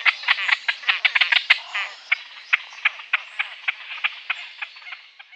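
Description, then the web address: Great crested grebe calling, a rapid burst of harsh ticking notes that slows into separate grating calls spaced a fraction of a second apart. "Schulze Peter Great Crested Grebe"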